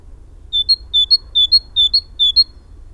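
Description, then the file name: Great tit singing five rhythmic two-note phrases, each a clear whistle rising to a higher clipped note, evenly spaced against quiet background hum. "Parus major"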